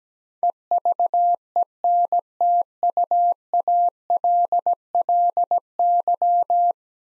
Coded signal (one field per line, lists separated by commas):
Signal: Morse code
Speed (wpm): 17 wpm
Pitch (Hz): 700 Hz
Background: none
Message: EVENTUALLY